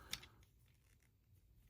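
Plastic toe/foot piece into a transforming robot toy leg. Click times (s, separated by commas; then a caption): 0.1 s. A plastic toe/foot piece of a Transformers Age of the Primes Combaticon Swindle toy is folded on the robot leg to form the combined Bruticus robot's toes. A sharp, loud click at 0.1 s shows it seating into place, with a fainter tick just after and then quiet room tone.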